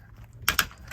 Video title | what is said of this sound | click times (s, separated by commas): HOW WE BROUGHT OUR RAD EBIKES OUT WEST... BUT WAS IT A GOOD IDEA? EBIKE 411! | until it stops turning you'll hear it popping just like that then you put the key in lock it | 0.5 s, 0.6 s